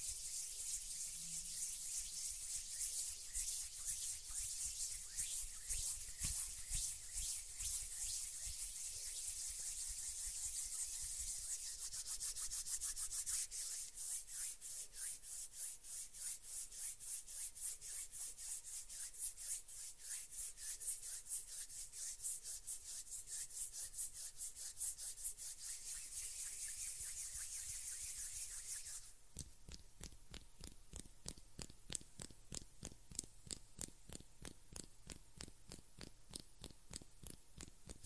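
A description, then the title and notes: Hands rub together in a bright, hissy scrubbing sound. Early on the friction is smoother and denser, then from about twelve seconds it breaks into fast, regular strokes. Near twenty-nine seconds the rubbing turns quieter and thinner but keeps the quick rhythm. ASMR RELAXING HAND SOUNDS - NO TALKING.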